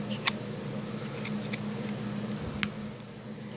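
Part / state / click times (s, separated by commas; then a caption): knife blade into kydex sheath / seated / 2.6 s. A fixed-blade Buck knife with a roughly 3.5 to 4 inch blade is pushed into a molded kydex sheath over a steady low hum. Light clicks come at 0.3 s and 1.5 s, then the sharpest snap at 2.6 s as the retention catches. The knife is seated firmly with no rattle.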